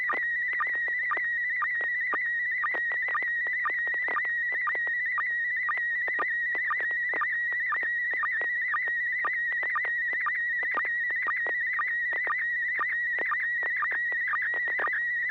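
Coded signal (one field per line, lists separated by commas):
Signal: SSTV (slow-scan television)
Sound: warbling whistle near 2 kHz with rhythmic low blips about twice a second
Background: radio static, low hum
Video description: Watch and interact with our members as we exchange Slow Scan Television images via amateur radio.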